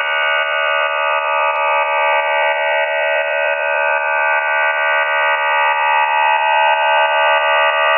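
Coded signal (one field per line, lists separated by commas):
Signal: numbers station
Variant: Q26 QPSK modem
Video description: Chinese digital numbers station Q26 digital counterpart to V26 operates on LSB, described as DPRC QPSK 4 by 4 MODEM.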